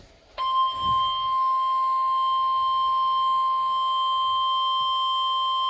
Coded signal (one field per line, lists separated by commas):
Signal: Emergency Alert System (SAME) tones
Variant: 1050 Hz attention tone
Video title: Severe Thunderstorm Warning (EAS #45)